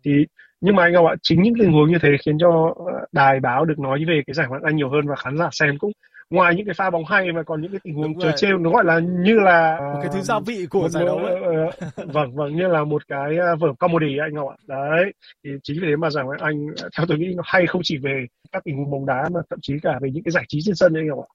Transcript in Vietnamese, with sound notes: Thì nhưng mà anh Ngọc ạ, chính những tình huống như thế khiến cho đài báo được nói về giải ngoại hạng Anh nhiều hơn và khán giả xem cũng ngoài những pha bóng hay mà còn những tình huống trớ trêu. Nó gọi là như là- Một cái thứ gia vị của giải đấu [tiếng cười] Vâng, vâng, như là một cái vở comedy đấy anh Ngọc ạ. Đấy, thì chính vì thế mà giải ngoại hạng Anh theo tôi nghĩ nó hay không chỉ về các tình huống bóng đá mà thậm chí cả về những giải trí trên sân nữa anh Ngọc ạ.